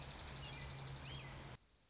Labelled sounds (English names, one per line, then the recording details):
Dark-eyed Junco
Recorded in Sonoma County, California